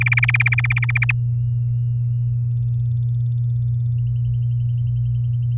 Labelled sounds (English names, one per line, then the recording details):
Domestic Canary song
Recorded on 11 May 2018 at 05:36
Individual llb16